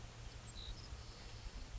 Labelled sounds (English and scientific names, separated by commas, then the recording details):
Savannah Sparrow (Passerculus sandwichensis)
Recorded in Sonoma County, California